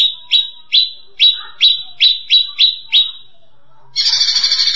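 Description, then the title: Grey-cheeked bulbul song: eight bright, downslurred chirps, followed by a sudden stretch of harsh, rasping buzz. "Kicau Burung Cucak Jenggot"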